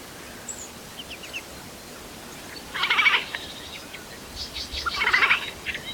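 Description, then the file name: Eurasian jay with two loud, grating screeches a couple of seconds apart. Faint thin bird notes can be heard before them. "Garrulus glandarius"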